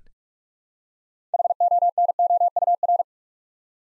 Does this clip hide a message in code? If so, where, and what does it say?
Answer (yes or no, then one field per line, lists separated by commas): yes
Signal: Morse code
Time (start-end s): 1.3-3.0 s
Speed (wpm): 44 wpm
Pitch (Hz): 700 Hz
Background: none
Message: HONOUR